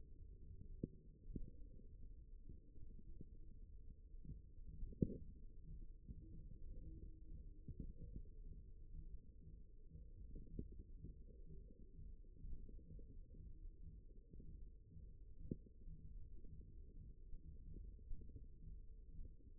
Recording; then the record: forearm muscle sounds (acoustic myography)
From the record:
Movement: thumb flexion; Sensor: system 1, eight BSWA MPA416 microphones around the upper forearm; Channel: 7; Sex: male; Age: 54 years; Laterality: right